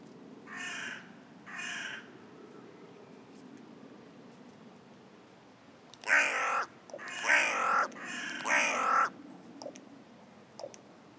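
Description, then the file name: Carrion crow cawing: two softer harsh caws, a pause, then three loud rasping caws about a second apart, with faint background noise. "Corvus corone"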